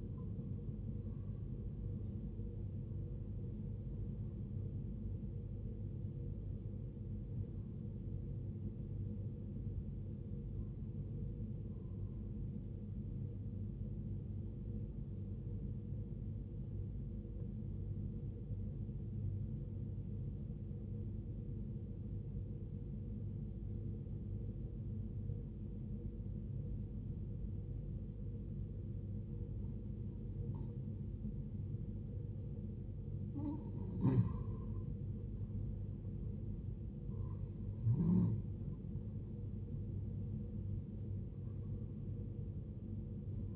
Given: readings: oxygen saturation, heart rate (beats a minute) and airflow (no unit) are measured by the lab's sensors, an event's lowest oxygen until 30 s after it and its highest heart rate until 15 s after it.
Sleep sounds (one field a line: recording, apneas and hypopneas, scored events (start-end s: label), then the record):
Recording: breathing in sleep by a smartphone at the bedside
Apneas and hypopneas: 1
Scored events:
7.00-37.00 s: new sleep stage, N1 (lightest sleep)
21.00-34.50 s: obstructive apnea (N1, oxygen 95% highest, then 87% lowest, heart rate 63 at the start, 73 highest)
37.00-43.56 s: new sleep stage, N2 (light sleep)
From the record:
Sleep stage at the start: N2 (light sleep)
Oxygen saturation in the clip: 78 to 95%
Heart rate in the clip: 57 to 81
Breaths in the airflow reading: 8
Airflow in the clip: -11.8 to 11.7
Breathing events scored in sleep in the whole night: 389 in 6.3 hours asleep